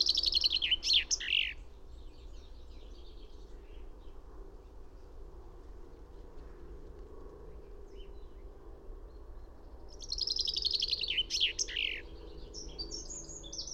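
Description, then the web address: A finch sings two trilled, descending phrases about ten seconds apart, each finishing with sharp slurred notes; faint chirps and steady low noise fill the gap. "fugl b-finke"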